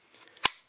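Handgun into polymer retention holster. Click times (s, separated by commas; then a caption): 0.5 s. An empty handgun is pushed into a Blackhawk CQC SERPA rigid polymer retention holster, with faint soft scraping and small ticks before a single sharp, bright click at 0.5 s. The click is the trigger-guard hook catching, and the pistol is seated and held in the holster.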